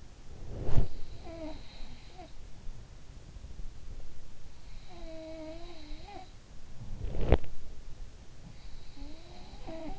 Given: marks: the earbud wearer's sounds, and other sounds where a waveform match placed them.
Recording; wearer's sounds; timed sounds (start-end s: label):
sounds in sleep by an in-ear microphone; body movement
0.00-1.05 s: body movement
0.30-2.64 s: sound from someone else or the room
4.43-7.60 s: sound from someone else or the room
6.76-7.60 s: body movement
8.54-9.99 s: sound from someone else or the room